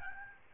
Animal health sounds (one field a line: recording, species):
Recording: mosquito wingbeat signal from an infrared sensor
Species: Aedes albopictus